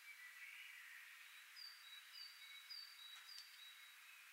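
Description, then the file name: Great tit calling: four short, high, slightly falling notes spaced roughly evenly over two seconds, set against a steady high hiss and broad background noise. "Parus major"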